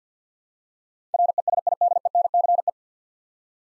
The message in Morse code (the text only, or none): RESIDENCE